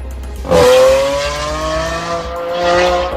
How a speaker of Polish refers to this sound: Mieszkańcy Warszawy mają dość hałasu samochodów jednośladów. Dlatego wyszli na ulicę, żeby przeciwko temu zaprotestować.